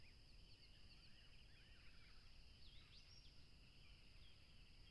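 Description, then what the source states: Crickets giving a continuous shrill trill, with brief twittering notes scattered across it and a soft background rumble. Crickets at a tropical river, with a plane passing.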